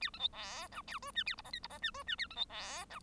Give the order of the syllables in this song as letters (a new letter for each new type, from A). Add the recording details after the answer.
A B C D E F G H A I J K I J H G H A B C D E. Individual Bird1